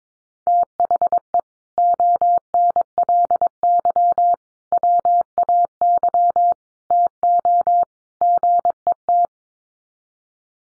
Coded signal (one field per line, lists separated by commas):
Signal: Morse code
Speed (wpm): 22 wpm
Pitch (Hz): 700 Hz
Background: none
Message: THE ONLY WAY TO GET